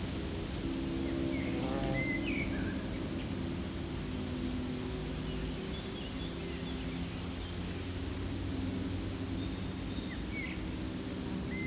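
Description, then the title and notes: Meadow insects produce a continuous shrill buzzing, while a low drone sounds in the background and a few birds give brief chirps. Insects stridulating in a dry meadow on a hot day, wind stirring foliage, some birds singing from nearby woods; Chindrieux, France. "348-862 Rue de Vars, Chindrieux, France - Prairie stridulante. Par une chaude journée , les insectes stridulent dans une prairie sèche"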